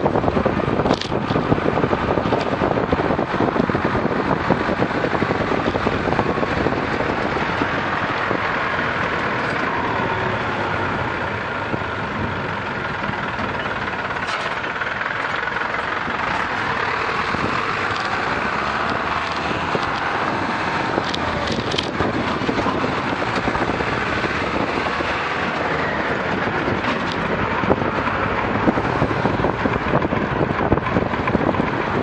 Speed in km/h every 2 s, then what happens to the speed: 22, 24, 12, 14, 14, 11, 20, 20, 22, 23, 22, 24, 26, 31, 28, 31.
0-10 slows to 11. 10-12 speeds up to 20. 12-21 steady at about 22. 21-25 speeds up to 31. 25-32 steady at about 31.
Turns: none.